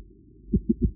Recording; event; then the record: neck accelerometer signal played as sound; voluntary cough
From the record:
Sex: female